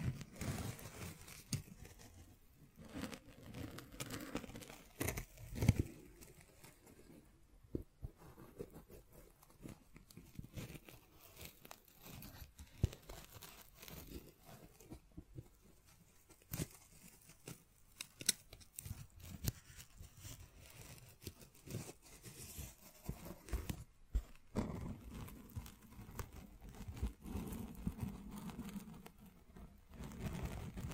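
Scratching, tracing and tapping sounds run through the whole stretch as dense, irregular clicks and rasps, with sharp taps scattered throughout. Low rubbing swells come and go, strongest in the first few seconds and again after about 25 seconds.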